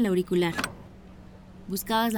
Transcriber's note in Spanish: sonido: se descuelga auricular